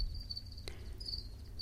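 House cricket song in shrill high trills, interrupted once by a sharp click, then resuming, with low rumbling noise throughout.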